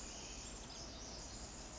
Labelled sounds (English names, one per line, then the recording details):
Pacific Wren
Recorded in Sonoma County, California